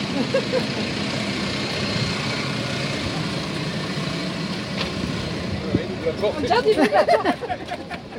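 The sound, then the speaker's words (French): A bus idles at a stop after someone waved to its driver, with a steady low engine rumble and broad hiss throughout, while voices speak briefly over it near the end. “Ah, il va croire qu'on peut monter dans le bus.”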